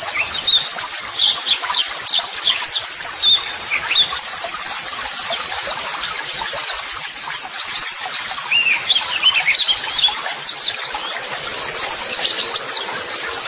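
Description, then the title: White-eye song: dense, rapid high twittering of sharp chirps and slurred whistles, continuous and overlapping throughout, without pause. Pleci singing actively ('gacor'), offered as a 'masteran' model song for training birds to answer, and as 'audio terapi'. "Pleci Gacor. JAMIN LANGSUNG NYAUT MASTERAN AUDIO TERAPI PLECI TERBARU"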